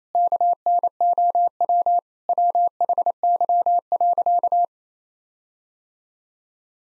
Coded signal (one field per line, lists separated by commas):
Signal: Morse code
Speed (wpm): 27 wpm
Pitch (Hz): 700 Hz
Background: none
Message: KNOW WHY.